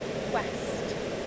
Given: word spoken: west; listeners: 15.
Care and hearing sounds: one English word in noise, from a listening test; speech-shaped noise; -5.4 dB; 3 of 15; 12 of 15; 0.87 s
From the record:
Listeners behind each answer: 12, 3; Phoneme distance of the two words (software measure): 7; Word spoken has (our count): 1 syllable, 4 phonemes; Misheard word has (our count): 1 syllable, 5 phonemes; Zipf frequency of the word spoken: 5.29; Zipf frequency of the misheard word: 4.11

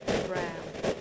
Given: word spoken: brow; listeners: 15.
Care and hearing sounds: one English word in noise, from a listening test; noise modulated by three-talker babble; -3.0 dB; 3 of 15; 10 of 15; 0.61 s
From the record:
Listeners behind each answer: 10, 3, 2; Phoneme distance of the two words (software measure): 7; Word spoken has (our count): 1 syllable, 3 phonemes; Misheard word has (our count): 1 syllable, 4 phonemes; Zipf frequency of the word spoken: 3.28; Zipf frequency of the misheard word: 5.01

